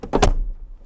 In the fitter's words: click it down and look at that so